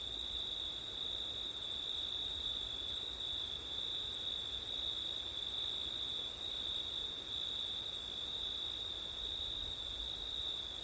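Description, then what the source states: Cricket chorus, a continuous shrill ringing that holds an even pitch throughout, over a low wind rumble. Crickets on a windy September night.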